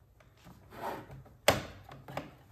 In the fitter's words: It needs to snap in place. Okay,